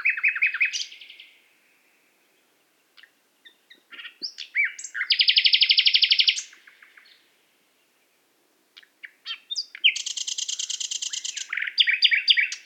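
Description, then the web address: Nightingale song in bursts of varied fluty notes and fast dense trills separated by silences, ending with a high buzzy rattle and sharp chirps. Recorded in Qatar. "qatar birds qatar birds presentation extracts nightingale"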